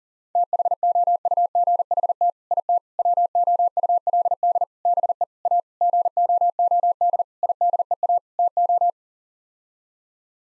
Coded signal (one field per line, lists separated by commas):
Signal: Morse code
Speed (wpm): 40 wpm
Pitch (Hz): 700 Hz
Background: none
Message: THOUGHT IT WOULD BE A GOOD IDEA TO